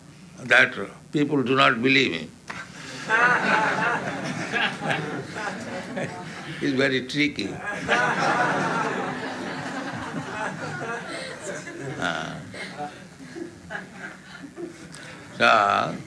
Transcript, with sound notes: that people do not believe Him. [laughter] He is very tricky. [laughter] So